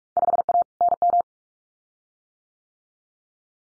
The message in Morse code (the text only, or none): 5A NM